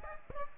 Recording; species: mosquito wingbeat signal from an infrared sensor; Aedes aegypti